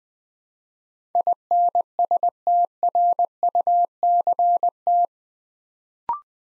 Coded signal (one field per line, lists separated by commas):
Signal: Morse code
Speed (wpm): 20 wpm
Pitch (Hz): 700 Hz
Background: none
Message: INSTRUCT